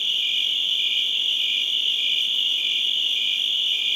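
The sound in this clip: Crickets trilling steadily, shrill and continuous, a lower chirp breaking into short repeated bursts.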